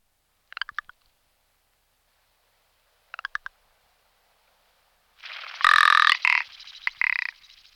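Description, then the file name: Rock ptarmigan calls: two short dry clicking rattles, then a loud harsh grating croak with a few rough notes at the end. "Belokur horsky Lagopus mutus"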